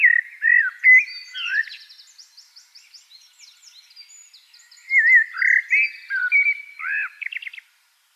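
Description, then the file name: Eurasian blackbird song: a warbled fluty phrase, then a quieter gap of bird chirps, then another longer mellow phrase ending in scratchy high notes. "Turdus merula"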